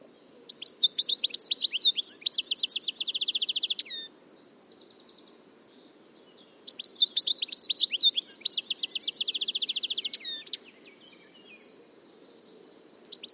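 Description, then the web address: Bird song in rapid, complex bursts of high chirps and buzzy trills, two phrases of about three and a half seconds each separated by a pause, over a faint low hum. "Deverinetal"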